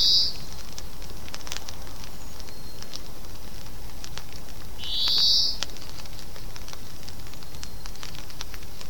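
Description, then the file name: European greenfinch call: a drawn-out buzzy wheeze, slightly rising, heard at the very start and again about five seconds later, over steady background hiss and faint ticking. "Chloris chloris"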